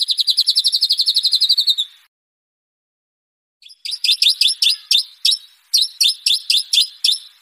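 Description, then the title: White-rumped shama song: a quick buzzy trill stops, a short silence follows, then a string of sharp, high chirps repeated several times. Masteran (training recording) for caged birds. "MURAI BATU LABAIK"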